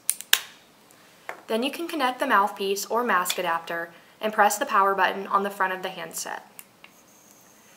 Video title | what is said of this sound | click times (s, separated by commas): Micro Vapor Device -- MVD-70 | slide the medication cup back on to the control unit until it clicks into place then | 0.1 s, 0.3 s